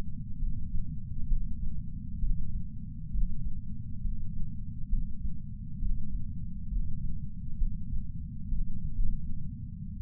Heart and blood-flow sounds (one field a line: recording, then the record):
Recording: heart sounds by patch sensor on the chest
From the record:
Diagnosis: coronary artery disease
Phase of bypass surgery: preoperative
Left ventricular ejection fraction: 43.1%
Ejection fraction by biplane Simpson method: 44.4%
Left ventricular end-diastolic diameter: 60 mm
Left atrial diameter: 37 mm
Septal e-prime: 5.3 cm/s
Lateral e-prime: 8.1 cm/s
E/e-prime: 7.6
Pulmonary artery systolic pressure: 20 mmHg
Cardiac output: 4.08 L/min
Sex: male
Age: 57 years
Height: 183 cm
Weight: 85 kg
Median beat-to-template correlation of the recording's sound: 0.82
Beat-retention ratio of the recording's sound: 0.97